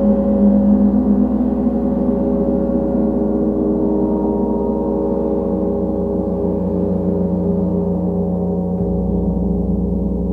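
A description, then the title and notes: A gong bath of sustained, layered gong tones that hum and shimmer without any new strike. The low, dense drone stays steady and slowly thins in its upper ringing over the ten seconds, with a small shift in the deep tones near the end. Pure Gong Bath.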